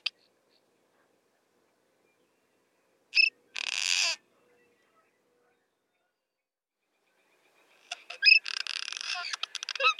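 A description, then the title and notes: Cliff swallows chatter near the nest in short bursts: a squeaky call near three seconds, a buzzy rasp, then dense clanky chattering after eight seconds. Cliff Swallow Nest Chatter and Song. Cliff Swallows, Petrochelidon pyrrhonota, are garrulous, squeaky, clanky, just all-around awesome little birds. This short collection were captured with a parabolic, isolated, and processed clean for sound effects' use.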